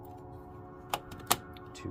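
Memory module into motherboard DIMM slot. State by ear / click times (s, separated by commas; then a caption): seated / 0.9 s, 1.3 s. A third memory module is pressed into a motherboard DIMM slot in an HP Z4 G4 until its latches click, with sharp clicks at 0.9 s and 1.3 s over a steady background hum. The stick is seated.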